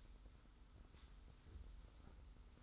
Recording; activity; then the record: daily activity, microphone in the room; sweep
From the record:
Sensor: 3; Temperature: 25.5 degrees Celsius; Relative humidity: 40.5%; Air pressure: 991.3 hPa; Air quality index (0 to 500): 141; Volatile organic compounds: 321 ppm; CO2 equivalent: 4526 ppm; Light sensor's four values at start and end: 54/145/59/53 and 54/145/59/53